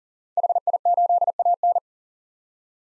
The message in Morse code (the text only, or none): HI8AN